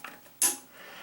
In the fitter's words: push down on this and turn it to the left until i hear that click